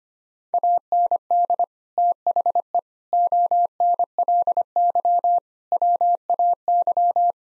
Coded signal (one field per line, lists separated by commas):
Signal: Morse code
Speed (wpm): 25 wpm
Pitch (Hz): 700 Hz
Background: none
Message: AND THE ONLY WAY